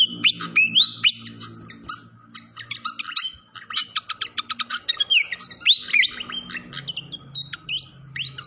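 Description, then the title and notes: Malaysian pied fantail song: bright looping whistles and fast chirps, over a low steady background hum. Masteran (training recording) of clear-voiced song mixed with the sound of flowing water. "Masteran Sikatan Kipas Suara Jernih Dan Suara Gemericik Air. Suara Burung Sikatan Londo"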